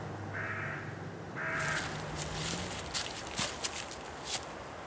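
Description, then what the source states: Carrion crow giving two hoarse caws in the first two seconds, partly masked by steady outdoor noise, with footsteps and rustling following. Heard near a heronry, where it is the only crow species present.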